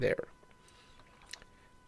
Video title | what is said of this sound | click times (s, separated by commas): Blokees Star Wars: A New Hope Han Solo Stormtrooper Disguise Review! | Snaps into place. | 1.3 s